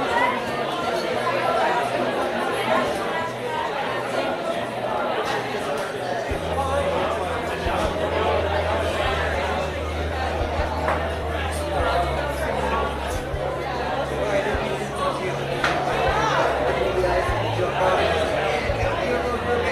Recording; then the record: background sound without coughing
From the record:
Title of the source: CITY SOUNDS Busy Bar in the Evening Night - 2 HOURS of Ambiance for Relaxation